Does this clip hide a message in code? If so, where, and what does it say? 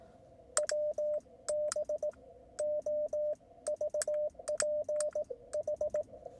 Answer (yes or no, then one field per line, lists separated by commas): yes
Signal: Morse code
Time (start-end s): 0.6-6.0 s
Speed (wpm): 18 wpm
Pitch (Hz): 600 Hz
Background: radio noise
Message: WB OVPH